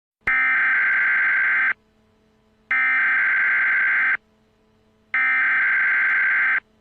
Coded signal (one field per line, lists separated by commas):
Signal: Emergency Alert System (SAME) tones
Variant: header bursts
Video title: EAS Scenario:The Minions